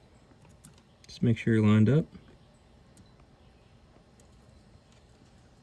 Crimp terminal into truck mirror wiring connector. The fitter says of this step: And then go ahead and push it in. You'll hear it click, and it goes all the way in.